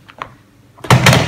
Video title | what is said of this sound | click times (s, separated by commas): Kendi Mob Bezimi Yaptım - DIY | taktık mı çıt diye oturdu. | 0.9 s